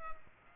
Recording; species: mosquito wingbeat signal from an infrared sensor; Culex pipiens